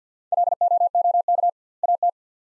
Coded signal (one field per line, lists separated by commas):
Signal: Morse code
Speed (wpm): 50 wpm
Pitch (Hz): 700 Hz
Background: none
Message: LOOK AT